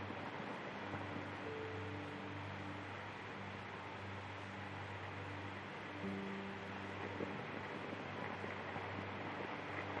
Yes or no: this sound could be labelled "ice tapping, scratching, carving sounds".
no